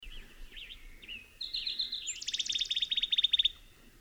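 Bird singing, a phrase of wavering whistled notes followed by a fast trill of rapid repeated notes that swells then stops, over low background rumble.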